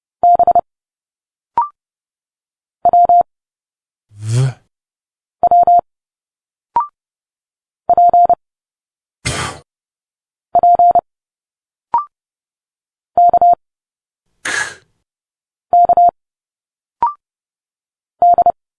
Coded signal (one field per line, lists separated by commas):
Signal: Morse code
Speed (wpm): 30 wpm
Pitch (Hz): 700 Hz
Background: none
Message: B W W P P K K D